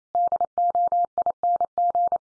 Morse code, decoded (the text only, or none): DOING